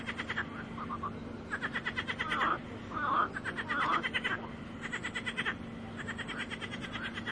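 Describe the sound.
Frogs calling, bursts of rapid pulsed rattling croaks, with louder rough creaky notes in the middle; a steady low hum runs underneath.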